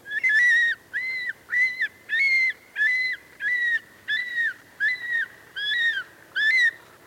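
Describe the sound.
Golden Eagle calls: a series of about ten clear, slurred whistled notes, roughly one every 0.7 seconds.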